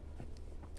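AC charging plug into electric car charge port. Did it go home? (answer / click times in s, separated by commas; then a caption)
yes / 0.4 s. A Level 2 AC charging plug is pushed into the driver-side charge port of an Audi e-tron GT electric car. A short, sharp click at 0.4 s marks the connector latching, with another brief tick near the end over a steady low hum. The plug is seated.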